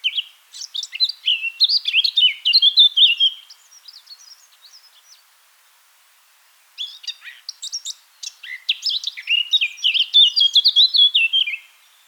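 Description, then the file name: Eurasian blackcap delivering two warbled phrases separated by a long pause, each a rapid mix of scratchy notes and mellow whistles. "Sylvia atricapilla"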